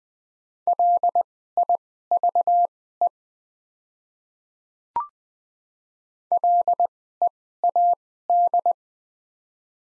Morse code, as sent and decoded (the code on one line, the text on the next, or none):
.-.. .. ...- . / .-.. . .- -..
LIVE LEAD